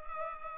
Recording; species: mosquito wingbeat signal from an infrared sensor; Culex pipiens